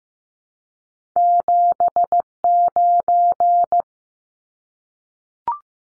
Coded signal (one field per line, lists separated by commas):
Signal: Morse code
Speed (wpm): 15 wpm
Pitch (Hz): 700 Hz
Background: none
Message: 79